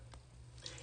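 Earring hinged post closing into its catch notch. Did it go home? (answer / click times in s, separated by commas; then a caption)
yes / 0.7 s. The hinged metal back of a diamond drop earring, with a roughly 1-inch drop, is closed into its catch notch and gives a small, sharp click at 0.7 s over a quiet background. The click means the clasp is shut and the earring is secure.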